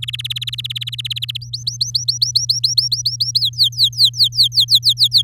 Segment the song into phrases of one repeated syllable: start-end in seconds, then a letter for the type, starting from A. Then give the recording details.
0.02-1.37 A, 1.41-3.40 B, 3.40-5.22 C. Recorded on 7 May 2018 at 15:29. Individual llb16